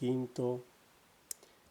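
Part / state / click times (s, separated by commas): pin stack in a pin-tumbler lock cylinder / seated / 1.3 s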